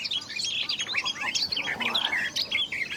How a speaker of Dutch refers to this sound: Nee, dit is die tuinfluiter. Wat hoor je niet allemaal zodra je de deur uitstapt? En veel luisteraars nemen het op en sturen het naar ons, zoals deze tuinfluiter.